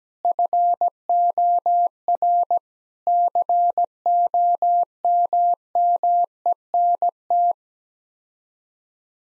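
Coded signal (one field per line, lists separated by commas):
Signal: Morse code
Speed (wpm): 17 wpm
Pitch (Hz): 700 Hz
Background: none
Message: FOR COMMENT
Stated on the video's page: Morse sent at 17 wpm as head-copy practice of common six-word groups, each sent, then repeated after being spoken.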